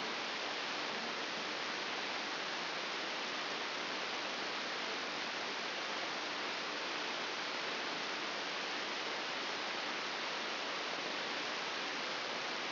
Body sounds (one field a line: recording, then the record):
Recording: brain microelectrode recording played as sound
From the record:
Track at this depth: outside the subthalamic nucleus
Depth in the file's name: 8.104 mm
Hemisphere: left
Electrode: 2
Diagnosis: Parkinson's disease